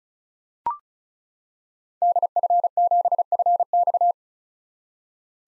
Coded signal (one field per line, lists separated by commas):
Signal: Morse code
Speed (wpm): 36 wpm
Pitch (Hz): 700 Hz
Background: none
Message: DF7FX